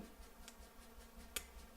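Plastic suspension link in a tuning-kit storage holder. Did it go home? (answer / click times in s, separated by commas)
released / 1.4 s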